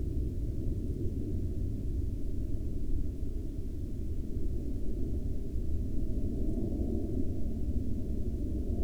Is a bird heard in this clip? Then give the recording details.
no. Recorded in the Prudhoe Bay oil fields, Alaska, on 16 May 2019 at 10:22. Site 13